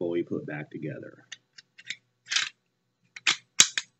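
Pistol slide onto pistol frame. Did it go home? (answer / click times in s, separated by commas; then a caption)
yes / 3.6 s. Someone talks, then a reassembled Glock G-17 upper (slide) is slid back onto its polymer pistol frame with short scraping and clicking sounds. A sharp click at 3.6 s marks the slide locking in place, a sign that it is on correctly.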